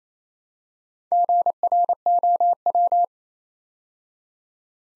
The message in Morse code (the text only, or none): GROW